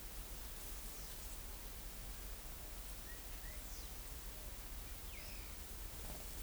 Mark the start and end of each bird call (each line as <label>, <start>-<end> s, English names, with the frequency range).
Crested Bobwhite (1.6-2.7 kHz), 3.08-3.60 s